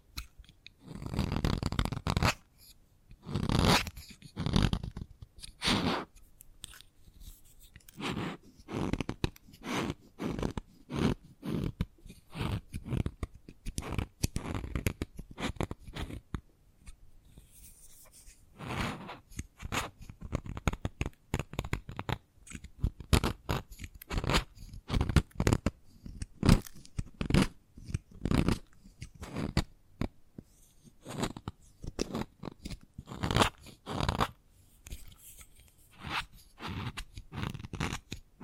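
Chalk tapping and scratching in a dense run of short, dry clicks and scrapes, each reaching from low thuds up to bright crackle. Bursts come in irregular clusters with brief pauses, notably around 6, 17 and 30 seconds, and the activity stays busy throughout.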